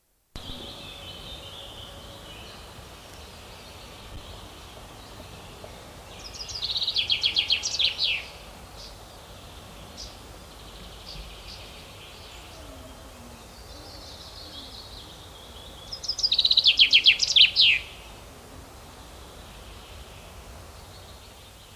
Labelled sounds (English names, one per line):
Common Chaffinch song